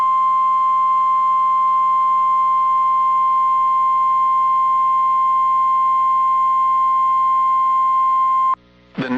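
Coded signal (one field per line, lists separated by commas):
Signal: Emergency Alert System (SAME) tones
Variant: 1050 Hz attention tone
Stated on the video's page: Severe storm alerts from NOAA weather radio stations in Illinois, Indiana, Texas and Florida.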